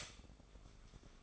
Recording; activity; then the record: daily activity, microphone in the room; stop toaster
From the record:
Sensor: 5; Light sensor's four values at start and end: 34/108/41/41 and 34/108/41/41